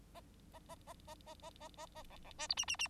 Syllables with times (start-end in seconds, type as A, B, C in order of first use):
0.53-0.59 A, 0.69-0.75 A, 0.87-0.93 A, 1.07-1.15 A, 1.26-1.34 A, 1.42-1.50 A, 1.60-1.68 A, 1.77-1.86 A, 1.95-2.02 A, 2.10-2.17 B, 2.24-2.31 B, 2.38-2.47 C, 2.49-2.54 D, 2.57-2.65 E, 2.67-2.76 E, 2.79-2.88 E